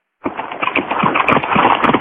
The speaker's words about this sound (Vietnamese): Bỗng nghe tiếng gió ngựa vang lên, trên đường lớn, cát bụi bay mù mịt. Hai con ngựa chạy nhanh đến. Đến trước quán, song mã dừng lại.